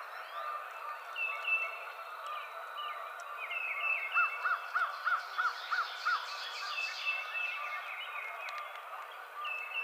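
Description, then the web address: Red-bellied woodpecker calls, a run of six short, evenly spaced chucking notes midway through, over a busy chorus of other birds chirping and whistling. Recorded 24 April 2007. "Red-bellied Woodpecker 2007 04 24"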